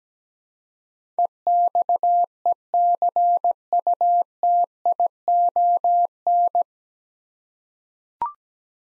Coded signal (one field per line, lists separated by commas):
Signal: Morse code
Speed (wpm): 17 wpm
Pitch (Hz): 700 Hz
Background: none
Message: EXECUTION